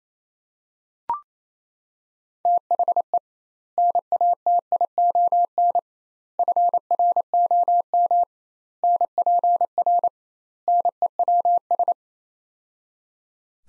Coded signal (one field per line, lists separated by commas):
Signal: Morse code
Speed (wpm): 28 wpm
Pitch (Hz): 700 Hz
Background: none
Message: THE NATION FROM NPR NEWS